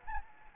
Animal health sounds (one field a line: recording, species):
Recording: mosquito wingbeat signal from an infrared sensor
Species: Anopheles gambiae